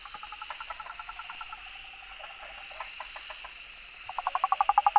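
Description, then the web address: Frog calls, rapid pulsed trains of croaks, a softer run early and a louder one building near the end, over a steady high insect chorus. Recorded 15 June 2013. "frog rec 20130615"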